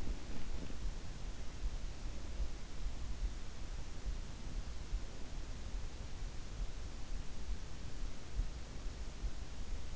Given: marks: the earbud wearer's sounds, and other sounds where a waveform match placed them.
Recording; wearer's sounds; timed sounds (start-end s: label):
sounds in sleep by an in-ear microphone; teeth grinding
0.00-0.93 s: teeth grinding